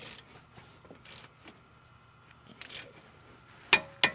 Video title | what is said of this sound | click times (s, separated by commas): No More ABS Light On on This Ford Ranger - PART 2 - Meet Our New Team Member ( it's Fixed ) | right there. I hope you heard the torque wrench click. | 3.7 s, 4.0 s